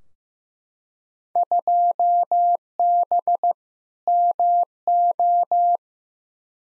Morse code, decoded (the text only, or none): 2B MO